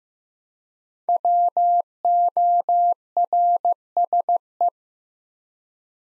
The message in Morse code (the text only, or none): WORSE